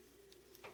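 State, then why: Not seated. Two greased plastic halves of a differential housing on a Losi Mini 8ight RC car are being pressed back together by hand, with a steady low hum underneath. Two faint, sharp, quickly fading ticks come at about 0.3 and 0.6 seconds, followed by a brief, slightly louder handling rustle near 0.7 seconds. Nothing has seated or clicked into place yet.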